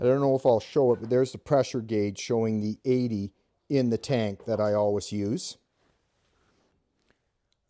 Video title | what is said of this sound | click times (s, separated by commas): Clik Valve Flows - Is YouTube Repeating False Marketing Claims? | The Clik pump head doesn't click. That's why I'm holding it. | none